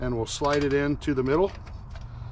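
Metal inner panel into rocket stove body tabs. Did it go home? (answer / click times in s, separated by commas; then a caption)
no / none. Someone talks while a sheet metal inner panel is handled and slid toward the middle of a rocket stove body, where it is meant to lock into two small tabs. After the talking, only quiet handling noise remains. Nothing has seated or clicked yet.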